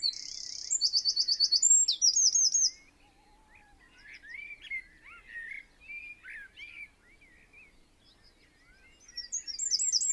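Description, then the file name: Eurasian wren song, a shrill rapid trilling phrase at the start and a fainter one at the end, with quieter mid-pitched warbling between. "Troglodytes troglodytes"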